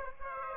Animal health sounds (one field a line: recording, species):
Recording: mosquito wingbeat signal from an infrared sensor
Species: Aedes aegypti